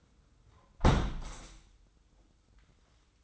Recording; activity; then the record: daily activity, microphone in the room; close window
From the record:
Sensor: 3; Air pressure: 990.3 hPa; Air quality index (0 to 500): 184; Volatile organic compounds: 1000 ppm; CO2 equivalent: 5988 ppm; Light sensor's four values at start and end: 33/79/32/30 and 34/80/32/30